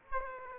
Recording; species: mosquito wingbeat signal from an infrared sensor; Aedes aegypti